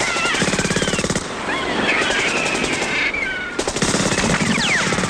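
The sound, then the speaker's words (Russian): Two long bursts of rapid automatic gunfire rattle loudly, separated by a short lull filled with rumbling and high, wavering whines that sound like shouts or ricochets, as three retreating German soldiers fire back and a man in shorts runs and shoots. “Три немца отступают. Отстреливаются. Мужчина в трусах бежит, стреляет.”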